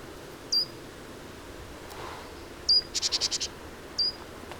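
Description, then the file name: Great tit giving three thin, high slurred notes, with a harsh, rapid churring rattle of about six pulses after the second note, over low background noise. "Parus major"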